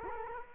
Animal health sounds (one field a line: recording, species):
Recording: mosquito wingbeat signal from an infrared sensor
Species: Culex quinquefasciatus